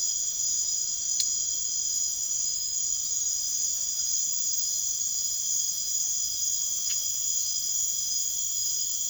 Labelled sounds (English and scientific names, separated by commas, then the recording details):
none
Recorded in secondary vegetation near Puerto Asís, Putumayo, Colombia, on 13 March 2025 at 01:00
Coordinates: 0.489, -76.322
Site G042